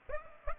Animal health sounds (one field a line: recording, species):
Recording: mosquito wingbeat signal from an infrared sensor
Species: Aedes aegypti